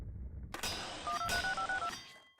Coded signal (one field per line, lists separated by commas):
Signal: DTMF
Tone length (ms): 100 ms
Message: 1236562